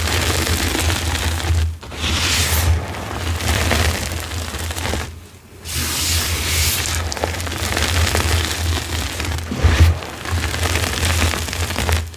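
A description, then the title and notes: Dyed gym chalk and crispy cornstarch being crushed, a dense, continuous crackling and crunching with a steady low thudding underneath. Brighter, harsher bursts of crunch swell around 2.5, 6.5 and 10 seconds, with brief quiet gaps near 2 and 5 seconds. Satisfying dyed gym chalk crush + crispy ombré cornstarch crunchies reforms.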